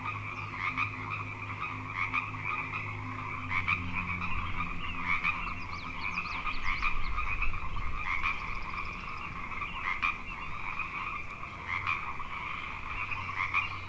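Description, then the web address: Frog chorus, many callers overlapping in trills, with a low rumble beneath. Frog chorus on Grafton Lake, recorded 3 May 2009. "The Frog Chorus Tunes Up On Grafton Lake frogs 090503"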